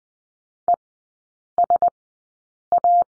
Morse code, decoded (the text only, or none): ESA